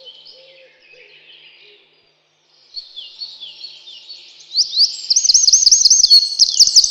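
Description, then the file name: Eurasian wren singing, faint high twitters at first, then a loud, rapid, metallic trill of quickly repeated notes in the second half; brief low notes at the start. "крапивник"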